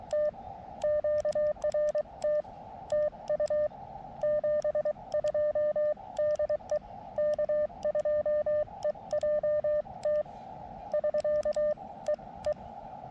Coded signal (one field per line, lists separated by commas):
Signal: Morse code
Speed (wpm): 23 wpm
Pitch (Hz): 600 Hz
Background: radio noise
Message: T QRT TU 72 DE K2EJT <SK> E E